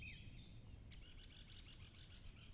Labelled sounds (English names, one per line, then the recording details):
Great Spotted Woodpecker
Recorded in Germany
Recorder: ecoPi